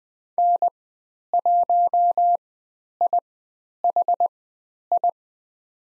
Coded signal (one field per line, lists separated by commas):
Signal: Morse code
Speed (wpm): 20 wpm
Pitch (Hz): 700 Hz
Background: none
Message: N1IHI